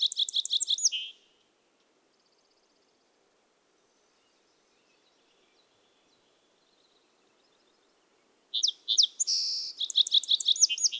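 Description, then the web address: Song sparrow song: a bright run of quick repeated notes cuts off after a second, then about seven quiet seconds pass before another burst of rapid notes and trills. "soundandlightecologyteam"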